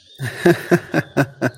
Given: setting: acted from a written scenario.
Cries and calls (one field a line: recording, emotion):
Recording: vocal sound without words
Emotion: amusement